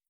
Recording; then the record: hydrophone in a shrimp aquaculture tank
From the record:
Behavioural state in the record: stressed